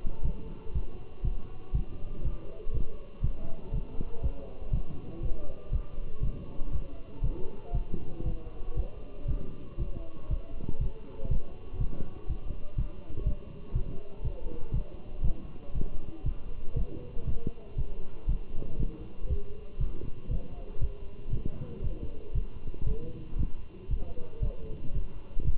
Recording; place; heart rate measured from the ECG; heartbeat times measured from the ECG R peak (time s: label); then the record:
heart sounds by stethoscope; between the tricuspid and mitral areas; 119 bpm
0.25 s: heartbeat
0.75 s: heartbeat
1.25 s: heartbeat
1.75 s: heartbeat
2.25 s: heartbeat
2.74 s: heartbeat
3.24 s: heartbeat
3.74 s: heartbeat
4.23 s: heartbeat
4.73 s: heartbeat
5.23 s: heartbeat
5.73 s: heartbeat
6.23 s: heartbeat
6.73 s: heartbeat
7.23 s: heartbeat
7.75 s: heartbeat
8.26 s: heartbeat
8.77 s: heartbeat
9.28 s: heartbeat
9.79 s: heartbeat
10.31 s: heartbeat
10.81 s: heartbeat
11.31 s: heartbeat
11.80 s: heartbeat
12.29 s: heartbeat
12.78 s: heartbeat
13.27 s: heartbeat
13.75 s: heartbeat
14.24 s: heartbeat
14.74 s: heartbeat
15.24 s: heartbeat
15.75 s: heartbeat
16.26 s: heartbeat
16.77 s: heartbeat
17.27 s: heartbeat
17.78 s: heartbeat
18.29 s: heartbeat
18.80 s: heartbeat
19.30 s: heartbeat
19.81 s: heartbeat
20.31 s: heartbeat
20.82 s: heartbeat
21.33 s: heartbeat
21.84 s: heartbeat
22.35 s: heartbeat
22.87 s: heartbeat
23.39 s: heartbeat
23.91 s: heartbeat
24.43 s: heartbeat
24.95 s: heartbeat
25.47 s: heartbeat
From the record:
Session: walking at 3.7 km/h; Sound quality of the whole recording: good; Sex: male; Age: 27 years